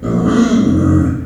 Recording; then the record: squeal of a Yucatan mini pig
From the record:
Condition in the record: after surgery on the right vocal fold (resection and tissue-engineered implant); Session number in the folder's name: 6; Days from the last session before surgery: 40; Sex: female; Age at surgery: 19 weeks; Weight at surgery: 25 kg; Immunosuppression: prednisolone